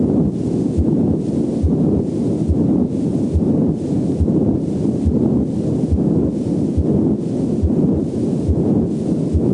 Patent ductus arteriosus murmur is heard best over the entire left, first, and second intercostal spaces. The murmur reaches maximum intensity late in systole and fades during diastole. It has a rough, machinery-like, high-pitched sound that can be heard equally well with the bell or diaphragm of the stethoscope. It begins with, or shortly after, a normal S1, and.